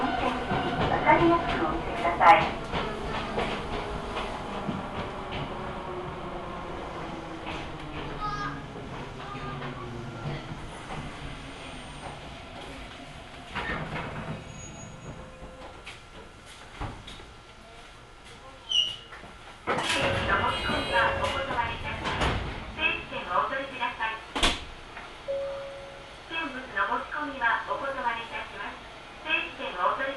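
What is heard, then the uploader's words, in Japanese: Inside a local railway train on its run, voices talk over a steady low rumble of the car. Around the middle a rising whine suggests the train pulling away, and sharp clunks and rattles break in near twenty seconds and again toward the end. 耳で楽しむ鉄道旅 水口・蒲生野線 八日市→貴生川。近江鉄道の南部を走る路線、水口を通りながら貴生川へと抜けていきます。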